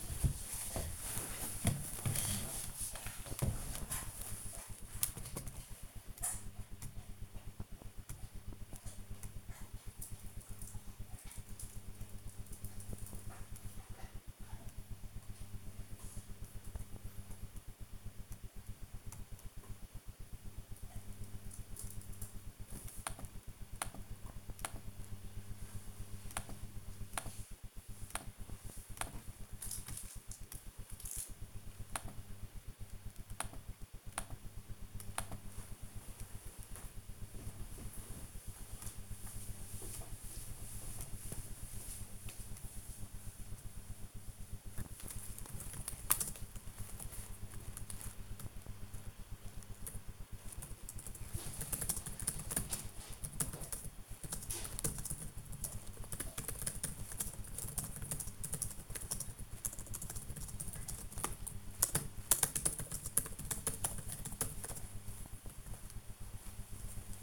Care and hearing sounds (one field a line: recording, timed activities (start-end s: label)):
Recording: household activities, microphone on the right wrist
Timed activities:
24.17-67.23 s: working on the computer